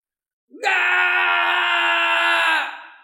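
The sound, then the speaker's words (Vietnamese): A man lets out a single loud, sustained roar of rage, harsh and raspy, holding steady for about two seconds before trailing off, with no other voices. “Hắn gào to, trong tiếng kêu còn ẩn chứa vô vàn lửa giận cùng uất ức.”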